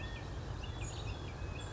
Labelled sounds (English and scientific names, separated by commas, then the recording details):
California Quail (Callipepla californica)
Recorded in Sonoma County, California